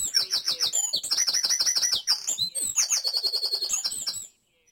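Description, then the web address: Birds in a dawn chorus: dense high chirps, trills and rapid repeated phrases, ending abruptly in silence. Dawn chorus recorded in Mold, North Wales. "beanstalk-audio Dawn Chorus in Mold North Wales"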